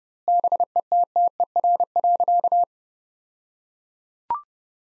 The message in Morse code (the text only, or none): BETTER.